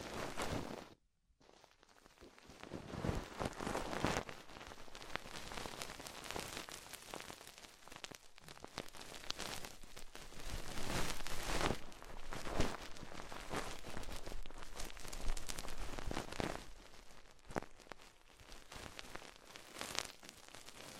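Ear exploration sounds: a dense, crackling, rain-like patter of scratching and tapping that runs almost the whole time. It cuts out briefly near the one-second mark, then continues unevenly, swelling into louder, brighter bursts every few seconds.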